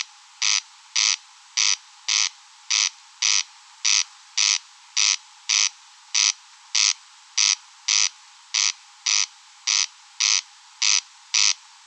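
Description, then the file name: Corn crake producing a long run of rasping, comb-like notes in a steady beat, with nothing else heard. Recorded at Rønbjerg Enge. "Engsnarre Roenbjerg Enge"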